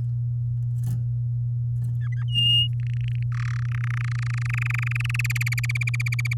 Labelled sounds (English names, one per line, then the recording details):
Domestic Canary song
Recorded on 7 May 2018 at 05:38
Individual llb16